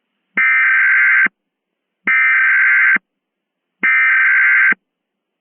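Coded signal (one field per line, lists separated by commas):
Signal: Emergency Alert System (SAME) tones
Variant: header bursts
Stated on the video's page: Mock Emergency Alert System alert for a Halloween scenario, containing valid SAME tones.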